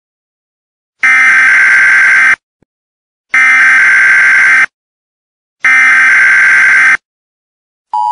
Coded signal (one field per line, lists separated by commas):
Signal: Emergency Alert System (SAME) tones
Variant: header bursts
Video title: EAS Scenario: The Crimes of the Monarchy (1999) (Part 1)